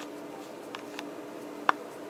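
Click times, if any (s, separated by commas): 1.7 s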